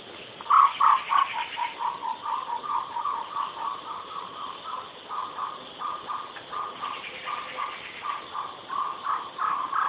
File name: Spotted owlet